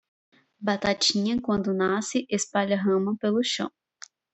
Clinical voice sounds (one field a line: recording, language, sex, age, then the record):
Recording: short text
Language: Brazilian Portuguese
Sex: female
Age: 20 to 29 years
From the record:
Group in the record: control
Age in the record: 26 years